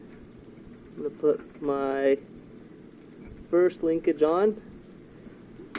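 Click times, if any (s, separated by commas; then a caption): 5.8 s. While a replacement carburetor is installed on the small engine of a Troy-Bilt Squall 2100 snowblower, the first throttle/governor linkage rod is fitted into the carburetor's throttle arm and pushed down until it clicks. Someone talks through most of the clip over a low background hum. A short, sharp click at 5.8 s marks the rod seating in the arm.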